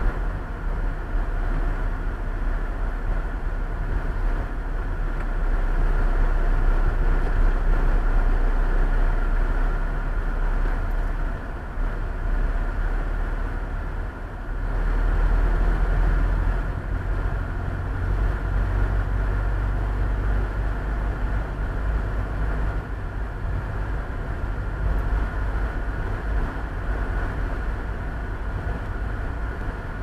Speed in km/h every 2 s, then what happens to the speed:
31, 31, 29, 25, 23, 21, 21, 23, 24, 27, 29, 29, 28, 28, 28.
0-9 slows to 21. 9-20 speeds up to 29. 20-30 steady at about 28.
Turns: none.